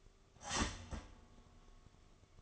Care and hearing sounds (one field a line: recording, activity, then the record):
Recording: daily activity, microphone in the room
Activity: start toaster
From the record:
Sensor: 4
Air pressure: 1015.5 hPa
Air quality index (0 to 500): 194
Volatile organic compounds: 9 ppm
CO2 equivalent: 2162 ppm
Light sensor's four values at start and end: 4/10/3/3 and 5/10/3/3